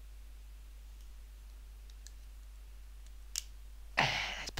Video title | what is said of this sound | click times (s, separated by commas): Burberry and Guerlain lipstick reviews | do you hear the click i don't know if you can hear the click it clicks as it goes together | 3.4 s, 4.0 s, 4.6 s